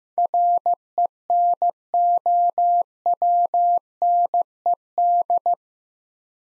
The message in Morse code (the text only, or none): RENOWNED